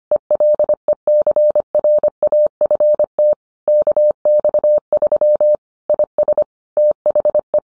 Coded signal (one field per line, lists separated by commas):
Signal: Morse code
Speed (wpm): 25 wpm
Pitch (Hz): 600 Hz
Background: none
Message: ELECRAFT KX3 IS THE